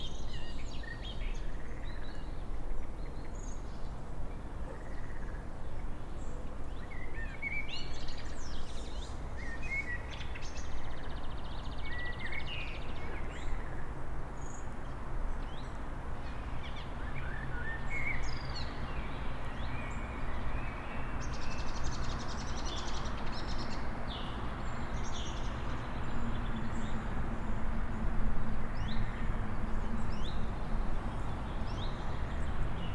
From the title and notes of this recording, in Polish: Czas: 19.56. Ptaki i żaby w Parku Pawłowickim. Rekorder, mikrofon: Rode NT4, FEL Battery Preamp, Sony PCM D50. Autor nagrania: Bartosz Grzyb.